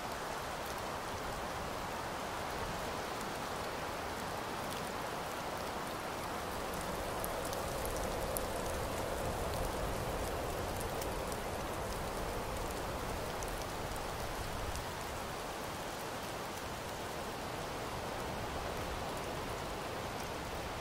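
Wind blows steadily through a snowy outdoor scene, a dense, even rush that fills the whole range and barely changes in level over the twenty seconds. Fine crackling ticks and patters scatter through the upper end, with a soft low rumble beneath.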